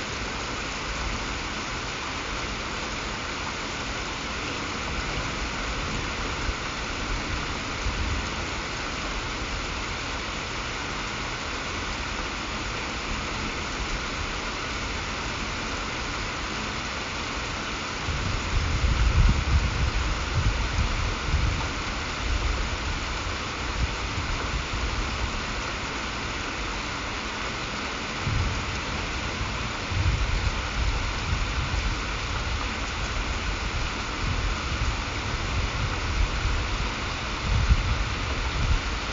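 Steady rain hisses across the whole recording, a dense, even patter with no breaks. Low rumbles of thunder swell up around 18 seconds, again near 28 seconds, and once more toward the end, each rolling for a few seconds before fading.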